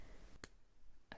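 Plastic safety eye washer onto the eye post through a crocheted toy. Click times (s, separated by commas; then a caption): 0.4 s, 1.1 s. A plastic washer is pushed down the post of a 12 mm plastic safety eye inside a crocheted amigurumi tiger until it locks in place. Two short, sharp clicks are heard at 0.4 s and 1.1 s over a quiet background. The washer is seated firmly on the eye post.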